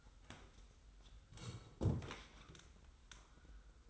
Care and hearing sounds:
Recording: daily activity, microphone in the room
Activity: sit down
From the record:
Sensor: 3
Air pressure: 990.4 hPa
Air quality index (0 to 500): 170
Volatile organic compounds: 1000 ppm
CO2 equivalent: 5492 ppm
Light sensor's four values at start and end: 44/105/43/41 and 45/105/43/41

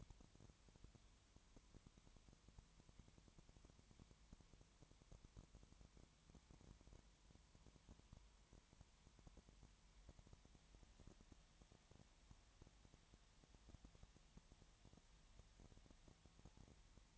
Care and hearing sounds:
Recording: daily activity, microphone in the room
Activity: no activity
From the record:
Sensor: 3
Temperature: 20.5 degrees Celsius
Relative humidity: 32.9%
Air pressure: 1003.2 hPa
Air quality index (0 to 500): 106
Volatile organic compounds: 2 ppm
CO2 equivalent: 1073 ppm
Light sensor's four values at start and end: 2/3/2/2 and 2/3/2/2

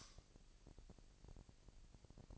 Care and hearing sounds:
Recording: daily activity, microphone in the room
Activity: light off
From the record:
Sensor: 5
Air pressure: 1001.9 hPa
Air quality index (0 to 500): 226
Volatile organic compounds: 29 ppm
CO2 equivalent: 2946 ppm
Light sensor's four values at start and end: 16/37/15/17 and 15/35/14/16

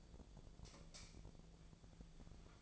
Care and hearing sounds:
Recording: daily activity, microphone in the room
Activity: light off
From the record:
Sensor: 5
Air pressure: 1009.8 hPa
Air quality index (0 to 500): 160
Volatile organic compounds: 4 ppm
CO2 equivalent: 1553 ppm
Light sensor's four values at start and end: 146/373/155/165 and 145/371/154/164

